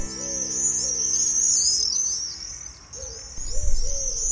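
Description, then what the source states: Common Swifts giving shrill, high screaming calls in long overlapping trills, fading and returning as a group, with a low humming tone and faint background sounds. About twenty swifts flying in a big group as if racing, disappearing behind houses and returning; recorded just outside a small city garden in Zeeland, in summer, during the warmest week so far.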